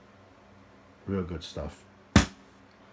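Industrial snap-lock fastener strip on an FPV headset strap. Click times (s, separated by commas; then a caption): 2.2 s. Someone talks, then presses the two halves of heavy-duty industrial snap-lock fastener tape together; the tape replaces the stock velcro on an FPV headset strap. A loud, sharp snap at 2.2 s shows the fastener has seated, and a faint tick follows near 3.0 s.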